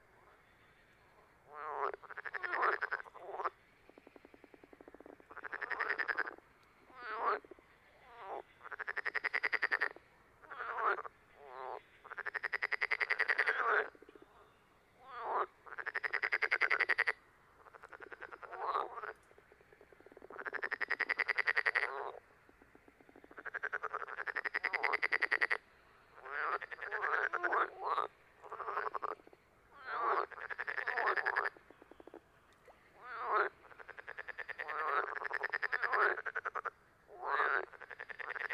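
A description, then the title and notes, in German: Frogs call in a busy chorus of rasping, bubbling croaks, repeated in bursts every second or two for the whole stretch. The calls are mid-pitched and nasal, overlapping at times, with only brief quiet gaps and a faint low hum underneath. Frösche.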